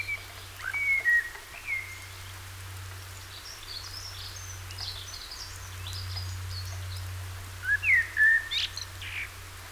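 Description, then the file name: Common blackbird whistled phrases at the start and again near the end, with high faint chirps between, over a steady low hum. "Turdus merula"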